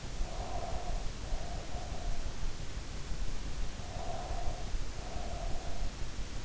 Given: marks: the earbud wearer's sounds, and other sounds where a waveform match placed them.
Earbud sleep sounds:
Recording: sounds in sleep by an in-ear microphone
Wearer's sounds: breath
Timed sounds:
0.00-2.37 s: breath
3.78-5.89 s: breath

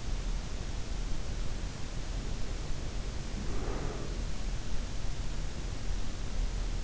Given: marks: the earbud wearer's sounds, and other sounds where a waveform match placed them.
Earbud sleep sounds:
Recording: sounds in sleep by an in-ear microphone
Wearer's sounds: breath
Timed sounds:
3.19-4.58 s: breath

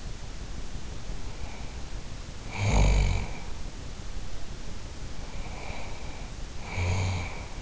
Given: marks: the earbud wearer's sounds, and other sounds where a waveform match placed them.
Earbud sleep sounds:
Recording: sounds in sleep by an in-ear microphone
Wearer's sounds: snoring breath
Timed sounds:
0.96-3.43 s: snoring breath
5.09-7.62 s: snoring breath

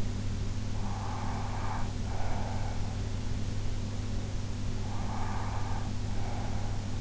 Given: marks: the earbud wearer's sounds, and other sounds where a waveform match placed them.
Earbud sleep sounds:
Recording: sounds in sleep by an in-ear microphone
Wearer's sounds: breath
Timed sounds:
0.81-2.98 s: breath
4.90-7.01 s: breath

